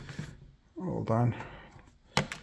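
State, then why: Seated. A plastic back cover is pressed one-handed onto the battery compartment of a Shark UZ145 cordless stick vacuum while someone talks, with some faint handling noise. After a brief struggle, it snaps into place with a sharp click at 2.2 s and a smaller click at 2.3 s, and the cover is seated.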